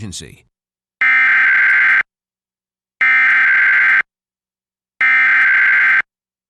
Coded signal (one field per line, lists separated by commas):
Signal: Emergency Alert System (SAME) tones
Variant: header bursts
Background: speech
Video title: EAS #855-856: 2 EAS Required Monthly Tests- Aug. 7, 2023- 12:15AM PDT